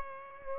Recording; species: mosquito wingbeat signal from an infrared sensor; Aedes aegypti